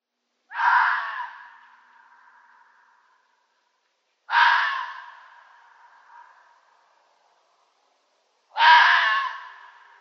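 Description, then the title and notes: Red fox with three hoarse, rasping cries spaced about four seconds apart, each loud at the start and trailing off. "Fuchs. Dein Natur- &amp. Jagdportal"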